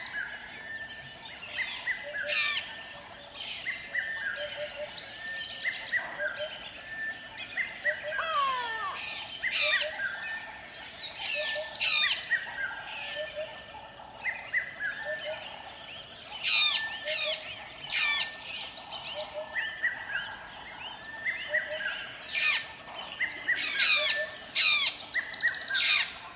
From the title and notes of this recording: South African Savanna - Dry riverbed dawn chorus. It's a beautiful morning on the border between South Africa and Botswana as an unbelievably varied dawn chorus resonates in through dry riverbed. Recorded with Sennheiser DMS and Sound Devices 633.